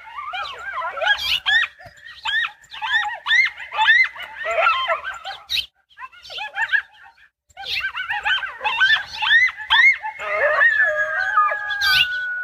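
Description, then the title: Coyotes in a loud chorus of rapid yips, yelps and wavering howls, pausing briefly before resuming with longer sliding howls. A pair of coyotes met while searching for a sit spot; part of a 5-minute sample edited from about 20 to 30 minutes of encounter, keeping the sections with most vocalizations. "W&W Short #2-The Story of the Coyote Howl"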